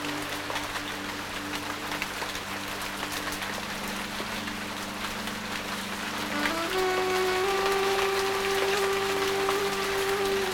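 Steady rain patters on leaves, a dense, even hiss with many small drops ticking across the top. Underneath, soft sustained music tones hold low and steady, and around six and a half seconds a new, higher note enters and the whole sound grows slightly louder.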